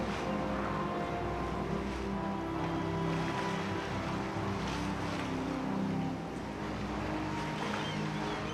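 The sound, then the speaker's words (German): Open sea waves wash and rush steadily over a low, constant engine drone as a submarine surfaces among icebergs and drifting ice floes, the broad churning noise holding evenly throughout with no voices. “Wir haben das freie Meer!”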